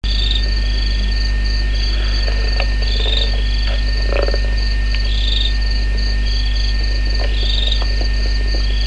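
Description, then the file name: Crickets chirping in short pulsed high bursts, repeating irregularly over a steady high whine and a constant low hum. "krekels"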